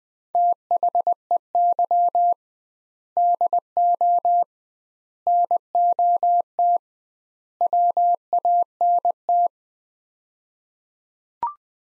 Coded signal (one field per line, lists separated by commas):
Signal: Morse code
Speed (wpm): 21 wpm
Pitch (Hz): 700 Hz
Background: none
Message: THEY DO NOT WANT